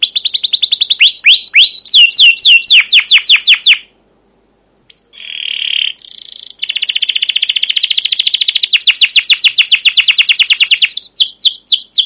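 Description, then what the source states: Canary song: a fast roll of downslurred chirps, a pause, a buzzy note, then a long steady trill returning to swooping chirps. Canary song with long rolls (ngerol) and cuit cuit notes, used as a lure recording (pancingan) to train other canaries.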